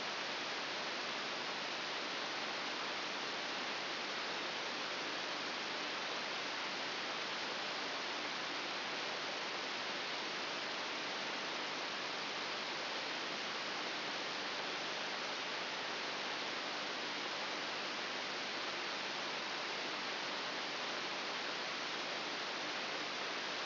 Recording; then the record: brain microelectrode recording played as sound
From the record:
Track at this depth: outside the subthalamic nucleus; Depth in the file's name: 7.001 mm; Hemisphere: right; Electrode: 3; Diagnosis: Parkinson's disease